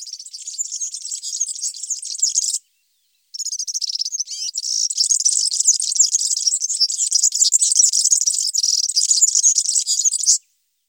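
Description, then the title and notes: European serin song: a high-pitched, fast, wiry jingle runs nearly unbroken, with one short pause before a long, seven-second phrase. Recorded in Germany, Austria or Switzerland. "Girlitz. Sounds of birds from Germany, Austria, Switzerland"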